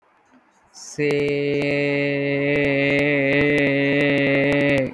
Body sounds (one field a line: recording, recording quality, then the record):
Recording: sustained vowel as in made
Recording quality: excellent, no background noise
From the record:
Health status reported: healthy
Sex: male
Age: 20 years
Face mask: not worn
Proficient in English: yes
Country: India